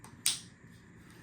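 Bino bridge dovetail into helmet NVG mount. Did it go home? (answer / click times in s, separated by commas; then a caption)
yes / 0.3 s. The dovetail of a G6 Night Ranger DNT Hydra bino bridge adapter slides into the NVG mount on a bump helmet until its spring tooth snaps into the pocket. A faint tick at 0.0 s is followed by one sharp, bright click at 0.3 s that fades quickly into quiet. The adapter is seated with a clean, crisp click.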